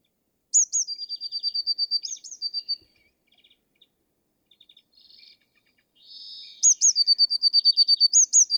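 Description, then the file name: Eurasian blue tit singing: high piercing notes leading into a rapid, steady trill, several soft scattered notes in between, then the high-notes-and-trill phrase again. "Cyanistes caeruleus"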